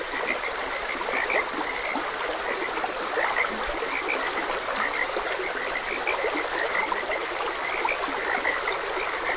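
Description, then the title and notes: Frogs calling continuously, a busy mix of short chirping croaks, with a stream running steadily beneath. Frogs croaking beside a gentle stream. "Gentle Stream and Frogs Croaking - Calming Sounds of Nature. Sleep and Relaxation Podcast"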